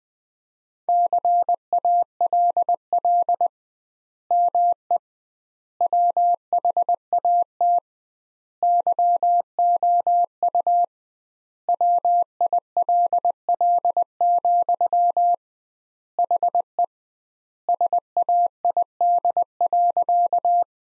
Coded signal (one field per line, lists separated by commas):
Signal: Morse code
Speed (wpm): 20 wpm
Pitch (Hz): 700 Hz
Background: none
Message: CALL ME WHAT YOU WILL, HE SAID.